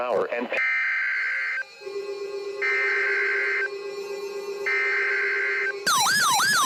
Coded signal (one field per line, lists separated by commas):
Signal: Emergency Alert System (SAME) tones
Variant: header bursts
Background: speech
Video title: SLIGHT RISK INSANITY II. EAS Alerts from 1-18-2023. [EAS #1057 - #1066]